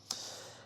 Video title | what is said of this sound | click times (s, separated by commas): Very Rare! TOL 1983 GE Model 3-6045A Boombox | speaker release it locks in the place right there | 0.1 s